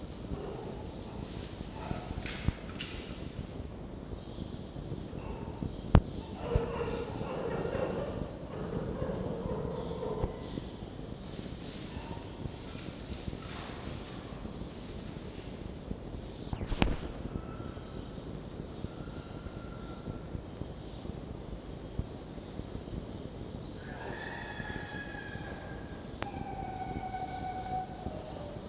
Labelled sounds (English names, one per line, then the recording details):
Red Fox
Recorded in captivity
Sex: group
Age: diverse
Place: Zoologisches Institut der HUB, Berlin, DE
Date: 1952-05-20 18:00
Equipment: Elmetra
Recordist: Tembrock, Günter